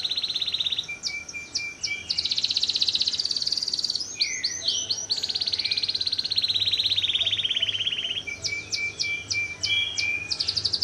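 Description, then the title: Canary delivering long rolling buzzy trills alternated with sharp ticking note series, continuous throughout. Kalitan-type canary singing actively (gacor) with long song phrases (suara panjang). "Kenari Kalitan Gacor Suara Panjang"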